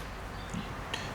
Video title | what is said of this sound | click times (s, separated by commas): Schrade USA Old Timer 51OT Big Timer -🇺🇸- | You can hear it click in and out. | 0.9 s